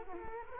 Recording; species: mosquito wingbeat signal from an infrared sensor; Culex quinquefasciatus